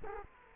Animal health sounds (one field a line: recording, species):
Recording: mosquito wingbeat signal from an infrared sensor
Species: Culex quinquefasciatus